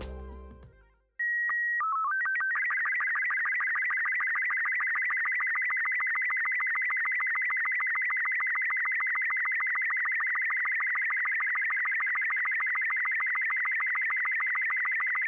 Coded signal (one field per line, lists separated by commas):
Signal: SSTV (slow-scan television)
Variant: Robot 36